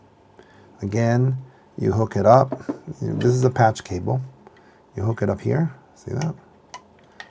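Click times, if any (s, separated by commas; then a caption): 6.7 s, 7.2 s. Someone talks while an RJ45 network patch cable plug is pushed into the network jack on an FTM-510 radio setup. Sharp clicks at 6.7 s and 7.2 s mark the plug snapping in and latching, so the cable is seated.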